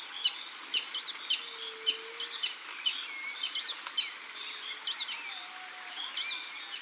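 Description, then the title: Scale-throated hermit repeating a thin, high-pitched squeaky phrase about every second and a quarter, with faint lower sounds and gentle ambient noise behind. Nominate subspecies Phaethornis eurynome eurynome. "LuckyPassaro Completos2Sama. Scale-throated Hermit (Phaethornis eurynome eurynome)"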